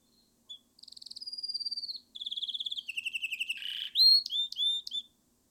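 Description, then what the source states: Canary song: a short note, then fast pulsed trills that shift pitch step by step, a buzzy burst, and bright whistled notes to finish. Recorded with Sennheiser ME 66 and ME 67 microphones.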